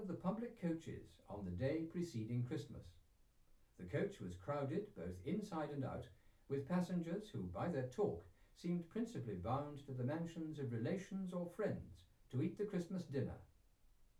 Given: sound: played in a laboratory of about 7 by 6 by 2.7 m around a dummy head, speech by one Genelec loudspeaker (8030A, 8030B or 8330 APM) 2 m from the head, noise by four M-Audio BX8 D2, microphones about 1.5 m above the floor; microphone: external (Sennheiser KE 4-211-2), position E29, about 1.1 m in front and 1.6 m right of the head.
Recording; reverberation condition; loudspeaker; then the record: male speech in English; low; 150 degrees to the right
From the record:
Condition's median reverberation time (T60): about 310 ms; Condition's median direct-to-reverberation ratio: about 3.5 dB